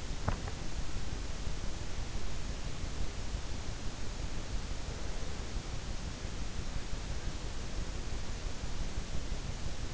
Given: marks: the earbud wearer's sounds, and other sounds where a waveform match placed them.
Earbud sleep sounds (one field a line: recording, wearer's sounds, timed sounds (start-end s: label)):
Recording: sounds in sleep by an in-ear microphone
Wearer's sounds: swallowing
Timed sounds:
0.00-0.83 s: swallowing